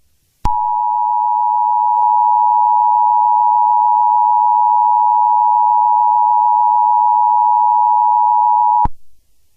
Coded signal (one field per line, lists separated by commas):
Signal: Emergency Alert System (SAME) tones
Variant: 853 and 960 Hz attention tone